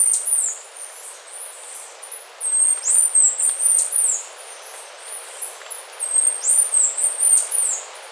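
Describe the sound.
Bird calls: very high, thin downslurred notes in quick bursts, with quieter pauses between the bursts and a soft hiss throughout.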